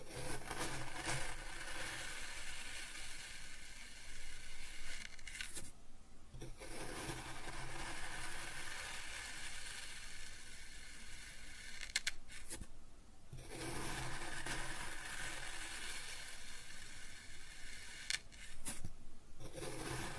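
Kinetic sand being cut and scooped, a dense, grainy crunching and hissing that runs almost continuously with a low rumble underneath. The texture thins into brief quieter gaps around 6, 13 and 19 seconds, and small sharp clicks and taps cut through now and then.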